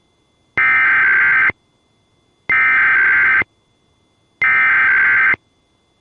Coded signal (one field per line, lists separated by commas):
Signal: Emergency Alert System (SAME) tones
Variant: header bursts